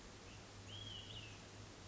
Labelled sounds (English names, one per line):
Olive-sided Flycatcher